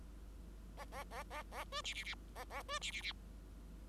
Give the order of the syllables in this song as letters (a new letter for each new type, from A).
A A A A A B C C C A A B C C C